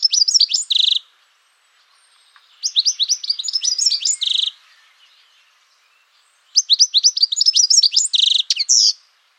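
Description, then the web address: Bird song in three fast bursts of sharp, high chirps and buzzy trills, separated by short silences. "cianscape birddata Deverinetal 2025 Bird Only"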